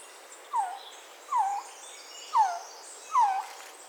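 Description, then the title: Resplendent quetzal giving four short whining notes that slide downward, spaced a little under a second apart, with faint high sounds in the background. "Resplendent Quetzal (Pharomachrus mocinno)"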